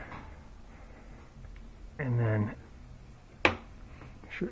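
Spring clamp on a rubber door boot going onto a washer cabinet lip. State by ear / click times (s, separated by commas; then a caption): seated / 3.5 s. The outer spring clamp of a new rubber door boot on a front-load washer, replacing a moldy one, is worked down past six o'clock and pushed into the boot's groove on the washer cabinet lip while someone talks. It seats with one sharp click at 3.5 seconds, and the clamp is confirmed clicked in.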